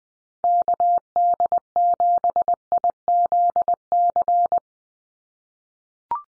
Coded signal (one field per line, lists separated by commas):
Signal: Morse code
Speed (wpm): 20 wpm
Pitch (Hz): 700 Hz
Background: none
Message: KD7IZC